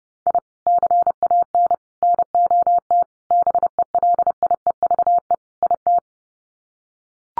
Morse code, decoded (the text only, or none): I CAN NOT BELIEVE IT